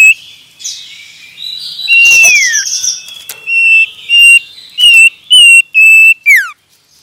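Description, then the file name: Common iora song: a mix of varied chirps and slurred whistles, then a run of short loud trilled whistles closing with a steeply falling note. Male. "suara burung cipoh jantan"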